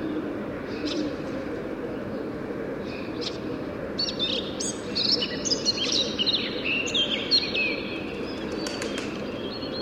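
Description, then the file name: Eurasian blackcap song, scratchy and warbled high phrases building in the middle, with a constant low hum underneath. "Sylvia atricapilla"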